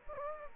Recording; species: mosquito wingbeat signal from an infrared sensor; Aedes aegypti